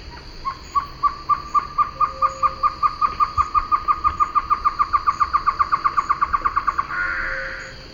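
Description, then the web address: Great antshrike song: a long series of hollow hoots, then ending in a harsh, nasal snarl. South America, eastern lowlands. "Natures Songs S America Eastern Lowlands. Great Antshrike"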